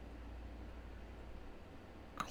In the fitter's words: clicks right in that is a very very well machined part all right